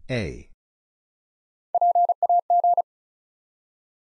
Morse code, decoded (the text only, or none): PAG